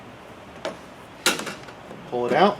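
A plastic push-pin retainer in the radiator support cover of a 1999–2004 Mustang (JLT cover) is pried up and pulled out after its center Phillips screw has been loosened. A light tick at 0.7 s comes before a sharp, loud pop at 1.3 s as the pin comes free and is released. Someone talks at the end.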